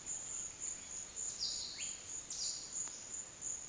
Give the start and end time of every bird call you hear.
1.31s-2.76s: bird call

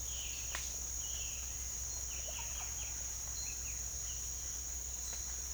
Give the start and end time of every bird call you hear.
0.00s-0.61s: bird call

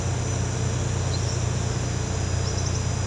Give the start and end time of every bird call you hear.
1.13s-1.43s: bird call
2.45s-2.79s: bird call

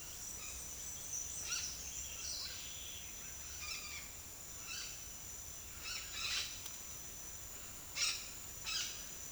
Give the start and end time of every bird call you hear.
0.00s-2.78s: bird call
3.48s-4.03s: bird call
4.62s-5.02s: bird call
5.81s-6.48s: bird call
7.93s-8.20s: bird call
8.65s-8.91s: bird call

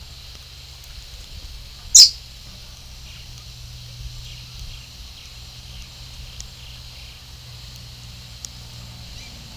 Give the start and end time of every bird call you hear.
1.91s-2.32s: bird call
3.02s-7.19s: bird call
9.14s-9.35s: bird call

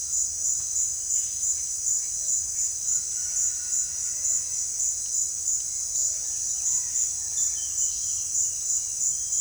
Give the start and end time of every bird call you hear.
7.11s-9.41s: bird call

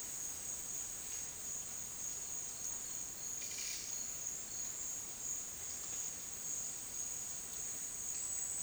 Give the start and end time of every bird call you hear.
3.32s-3.94s: bird call

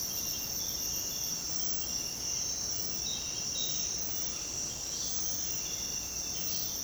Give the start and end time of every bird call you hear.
4.85s-5.15s: bird call
6.40s-6.80s: bird call

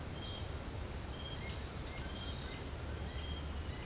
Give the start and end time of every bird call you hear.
1.32s-2.69s: bird call

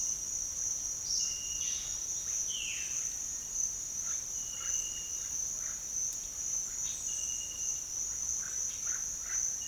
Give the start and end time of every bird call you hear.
2.47s-3.07s: bird call
3.98s-5.78s: bird call
8.34s-9.44s: bird call

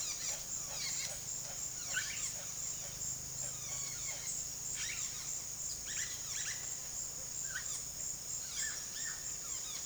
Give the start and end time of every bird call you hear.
0.00s-9.86s: bird call

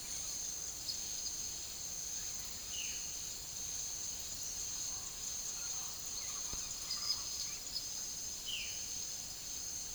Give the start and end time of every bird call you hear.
2.71s-3.04s: bird call
8.46s-8.71s: bird call

